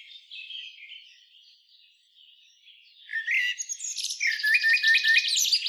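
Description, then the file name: Common blackbird giving high, scratchy twittering notes: soft thin warbles at first, then louder chattering bursts from about three seconds to the end. "Turdus merula"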